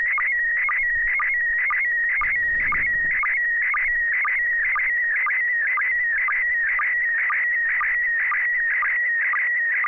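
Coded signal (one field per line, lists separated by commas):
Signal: SSTV (slow-scan television)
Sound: steady warbling whistle near 2 kHz with a short low blip about twice a second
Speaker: Good evening, Joel. Welcome. You're number 3. Carol standing by to send a picture.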